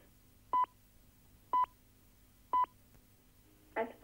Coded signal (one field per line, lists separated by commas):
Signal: speaking clock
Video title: Southern TV VTR clock, 1974, with speaking clock!